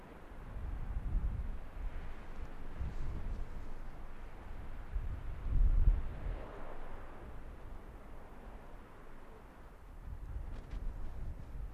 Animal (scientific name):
Vulpes lagopus